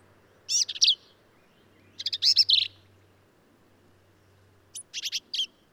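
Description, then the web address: Black-capped vireo song made of scratchy, jumbled phrases, three bursts spaced over a few seconds. "birdsongforthecurious Black-capped Vireo"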